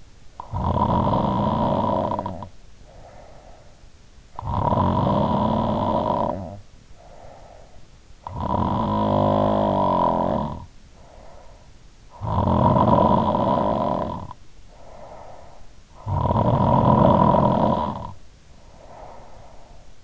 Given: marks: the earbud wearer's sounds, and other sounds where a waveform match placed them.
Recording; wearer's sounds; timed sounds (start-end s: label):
sounds in sleep by an in-ear microphone; snoring breath
0.35-3.89 s: snoring breath
4.19-11.66 s: snoring breath
12.12-15.59 s: snoring breath
16.04-20.04 s: snoring breath